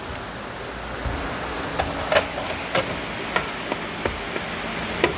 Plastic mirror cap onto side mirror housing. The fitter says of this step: Very cheap, but this is it. Pops right in.